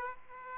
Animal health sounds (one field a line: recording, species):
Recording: mosquito wingbeat signal from an infrared sensor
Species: Aedes aegypti